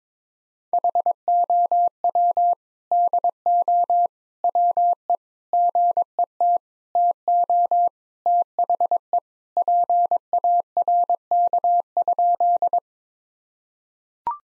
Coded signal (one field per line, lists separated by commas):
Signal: Morse code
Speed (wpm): 22 wpm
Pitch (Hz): 700 Hz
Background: none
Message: HOW DO WE GET TO THE PARK?